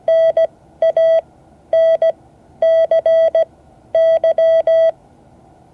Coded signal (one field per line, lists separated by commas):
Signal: Morse code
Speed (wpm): 17 wpm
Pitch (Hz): 660 Hz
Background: none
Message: NANCY